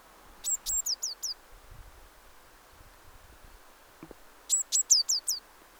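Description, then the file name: Eurasian blue tit sounding two short series of high, thin, downward-slurred notes, one at the start and one near the end, over low background rumble. "Cyanistes caeruleus"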